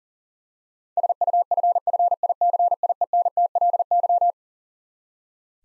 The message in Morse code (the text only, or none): SUFFICIENTLY